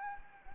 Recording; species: mosquito wingbeat signal from an infrared sensor; Anopheles gambiae